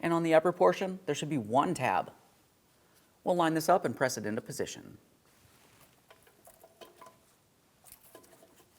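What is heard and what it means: A fog light bulb socket with two lower locking tabs and one upper tab is lined up and pressed into the plastic fog lamp assembly of a 2007-2014 GMC Sierra 2500 HD. Someone talks for the first five seconds, then quiet handling noises and light taps follow, including a faint tick near 6.8 s. Nothing has seated or clicked yet.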